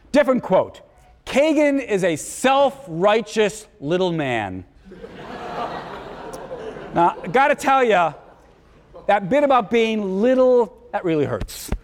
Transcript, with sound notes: Different quote. “Kagan is a self-righteous little man” [laughter] Now I’ve got to tell you, that bit about being little, that really hurts.